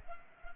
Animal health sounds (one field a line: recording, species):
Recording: mosquito wingbeat signal from an infrared sensor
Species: Culex pipiens